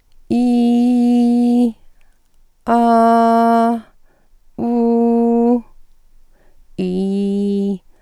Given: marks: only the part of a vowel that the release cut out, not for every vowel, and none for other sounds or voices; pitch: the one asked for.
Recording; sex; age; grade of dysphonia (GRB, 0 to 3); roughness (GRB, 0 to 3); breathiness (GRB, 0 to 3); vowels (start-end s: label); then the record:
sustained vowels; female; 60 to 69 years; 2; 2; 0
0.38-1.60 s: vowel /i/, high pitch
2.75-3.65 s: vowel /a/, high pitch
4.76-5.51 s: vowel /u/, high pitch
6.98-7.69 s: vowel /i/, low pitch
From the record:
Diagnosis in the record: phonasthenia (vocal fatigue), psychogenic dysphonia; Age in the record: 60 years